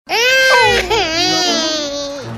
Baby Cry.